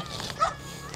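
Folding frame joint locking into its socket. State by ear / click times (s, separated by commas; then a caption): not seated / none. A joint of a folding frame is handled as it is pushed toward its socket, with a low steady background and a short, squeaky tonal burst around 0.4 s. A brief sharp sound comes right at the end, near 1.0 s. Nothing has seated or clicked into place yet.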